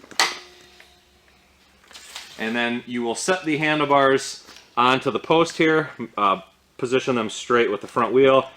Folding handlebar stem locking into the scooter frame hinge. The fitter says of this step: and you'll notice those will lock into place and then